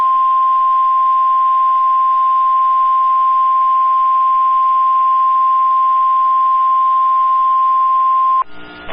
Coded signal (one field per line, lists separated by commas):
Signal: Emergency Alert System (SAME) tones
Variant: 1050 Hz attention tone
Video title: Severe Thunderstorm Warning (TX and LA) (12/28/24) [EAS #90]